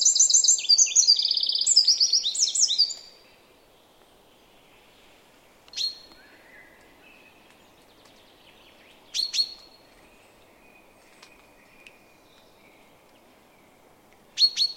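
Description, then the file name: Eurasian wren finishing a fast, trilling high song, then giving sharp isolated high notes every few seconds in the following quiet. "Troglodytes troglodytes"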